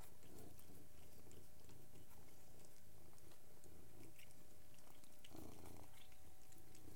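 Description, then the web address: Cat purring as a steady low rumble under frequent chewing and crunching noises from eating. Three cats eating and purring. "The BBC Sound Effects Library. 3 cats eating and purring"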